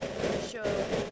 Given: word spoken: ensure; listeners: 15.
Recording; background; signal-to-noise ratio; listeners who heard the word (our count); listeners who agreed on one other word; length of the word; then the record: one English word in noise, from a listening test; noise modulated by three-talker babble; -6.1 dB; 2 of 15; 10 of 15; 0.72 s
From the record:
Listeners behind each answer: 10, 2, 1, 1, 1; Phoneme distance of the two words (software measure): 14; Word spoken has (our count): 2 syllables, 4 phonemes, stress on syllable 2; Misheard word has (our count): 1 syllable, 2 phonemes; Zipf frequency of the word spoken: 4.72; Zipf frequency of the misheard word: 5.80